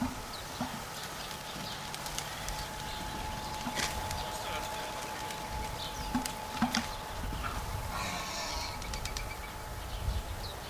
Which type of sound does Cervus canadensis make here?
call